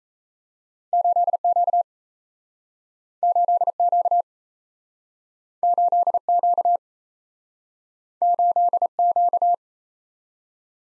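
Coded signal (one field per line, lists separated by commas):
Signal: Morse code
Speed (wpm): 37 wpm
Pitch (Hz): 700 Hz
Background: none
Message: 8Q 8Q 8Q 8Q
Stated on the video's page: Speed-Racing Morse practice of two letter-number combinations, starting at 1.5 times the 28 wpm base speed, slowing down, with a final repeat at maximum speed.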